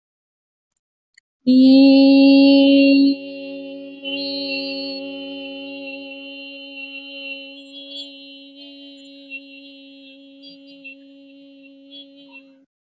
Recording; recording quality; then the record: sustained vowel as in beet; excellent, no background noise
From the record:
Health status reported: healthy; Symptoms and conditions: diabetes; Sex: female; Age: 41 years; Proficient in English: yes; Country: Canada